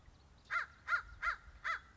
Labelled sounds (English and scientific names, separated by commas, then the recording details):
American Crow (Corvus brachyrhynchos)
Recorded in Sonoma County, California